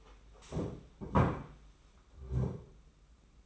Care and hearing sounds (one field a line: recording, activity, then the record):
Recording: daily activity, microphone in the room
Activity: stand up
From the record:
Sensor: 1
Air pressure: 991.7 hPa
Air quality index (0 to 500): 155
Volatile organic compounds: 1000 ppm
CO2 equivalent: 5778 ppm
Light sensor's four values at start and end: 30/103/40/41 and 30/100/39/40